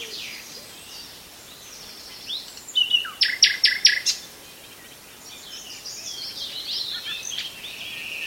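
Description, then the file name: Common nightingale giving a single short burst of several loud, sharp clicking notes, while a soft chorus of other birds continues throughout. "Nachtegaal"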